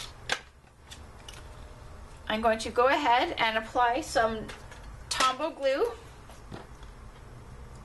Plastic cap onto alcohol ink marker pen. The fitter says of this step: where it fits and then press tightly until you hear the snap